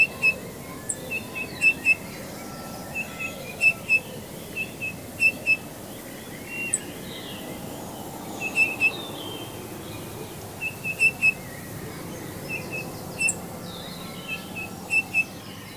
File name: birdsong bullfinch